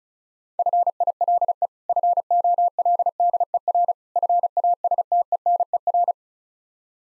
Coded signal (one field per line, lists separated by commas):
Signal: Morse code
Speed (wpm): 34 wpm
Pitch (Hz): 700 Hz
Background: none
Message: FILE FOLDER FASTENER